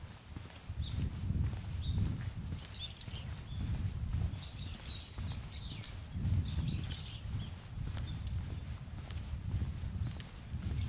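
Autumn mountain scene with a low, rumbling wind that swells and eases every couple of seconds throughout. Above it, small bird chirps and thin high calls come and go, clustering around the middle of the clip before thinning out.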